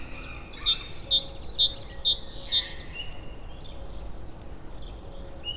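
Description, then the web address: Great tit giving a series of five bright, high two-part notes at an even half-second pace, then quieter chirps and faint hum. Free-living great tit recorded at a zoo in Debrecen, Hungary, in 2012. "allathangok debrecenizoo 2012. szencinege szabadonlevo"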